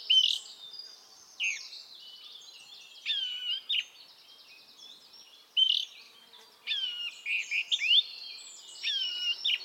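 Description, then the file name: Eurasian blackcap singing in short bursts of scratchy warbling mixed with clear whistles, separated by brief quieter gaps. "Sylvia atricapilla"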